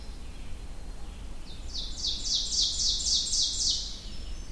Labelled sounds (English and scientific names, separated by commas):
Ovenbird (Seiurus aurocapilla) song